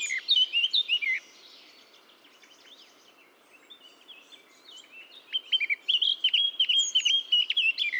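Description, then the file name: Eurasian blackcap song: a short warbled phrase at the opening, a quiet gap, then a longer run of bright, rapid warbling notes. "Sylvia atricapilla"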